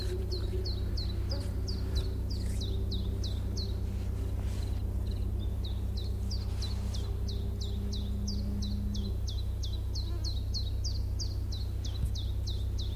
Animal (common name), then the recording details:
Common Chiffchaff. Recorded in the wild. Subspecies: abietinus. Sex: male. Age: adult. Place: Ånge, Medelpad, Västernorrlands län, SE. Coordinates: 62.5333, 15.7167. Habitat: spruce. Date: 1971-07-12. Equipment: Nagra SN, AKG CK 5, 9 cm/s, Kopie Nagra III PH. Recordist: Schneider, Hans-Joachim. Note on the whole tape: Östlich Ånge und bei Erikslund im Flußtal des Ljungan, Nordschweden. Phylloscopus collybita abietinus. 1.Männchen: Gewöhnliche Gesänge mit längeren Zwischenlauten. 2.Männchen: Gewöhnliche Gesänge. 3. Männchen: Gewöhnliche Gesänge, gute Zwischenlaute. (Beste Aufnahme!). 4.Männchen: Gewöhnliche Gesänge mit interessanten Zwischenlauten. Kopie von SN4/ 1. Aufnahme überspielt am 20.07.1971. (Rest dieser Aufnahme siehe N876/II/abiet.7.) Sonagramm